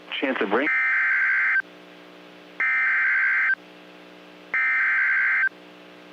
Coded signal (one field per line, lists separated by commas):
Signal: Emergency Alert System (SAME) tones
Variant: header bursts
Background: speech